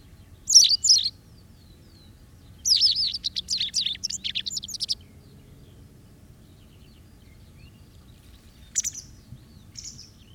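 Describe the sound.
White wagtail giving a sharp high call, then a run of rapid twittering notes, followed by two single clipped calls after a pause; quiet low background rumble.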